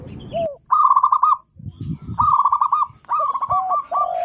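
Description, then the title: Zebra dove song, three stuttering coo phrases in quick succession, with low thumping noise between phrases. Local bird singing actively; recording used to train other birds. "Perkutut Lokal Gacor"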